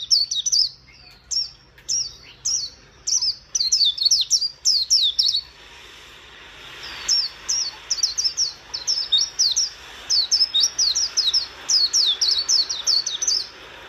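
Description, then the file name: White-eye song: steady strings of high, thin descending notes, one phrase early and a longer one after a short break, over faint background hiss. "Zosterops"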